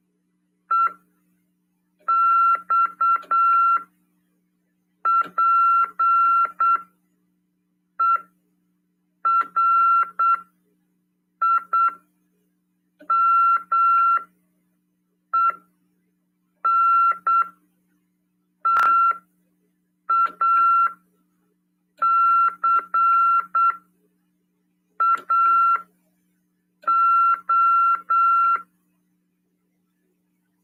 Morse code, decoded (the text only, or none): EXPERIMENTACAO